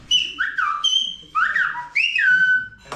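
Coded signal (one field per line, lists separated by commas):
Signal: whistled language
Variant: Silbo Gomero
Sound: loud gliding whistles rising and falling in short speech-like phrases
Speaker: Right now, start the whistling show. The whistling demonstration.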